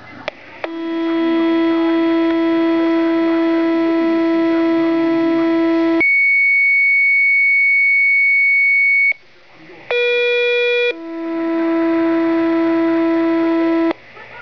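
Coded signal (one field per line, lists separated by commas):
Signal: two-tone page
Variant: Motorola Minitor II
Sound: buzzy low alert tone, a clean high steady tone, a short mid tone, buzzy tone again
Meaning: Pager test; the first tone alerts Fire and Ambulance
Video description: dispatch conducting the 6PM pager test. the first tone is for the Fire and Ambulance, and the rest you can hear what they're for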